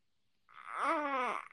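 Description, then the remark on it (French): A baby lets out a single short whimper, a whiny, tonal sound whose pitch rises and then dips again, lasting under a second with no talking over it. “Petit bruit. petit bébé qui dit ça y est, c'est l'heure, on est à la conclusion.”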